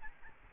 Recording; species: mosquito wingbeat signal from an infrared sensor; Aedes albopictus